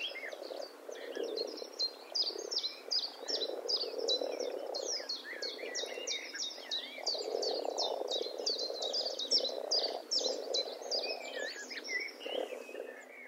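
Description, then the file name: Eurasian blackbird delivering fast runs of sharp, high chip notes with occasional lower warbled bits, accompanied by a steady background chorus of frogs. "Turdus merula"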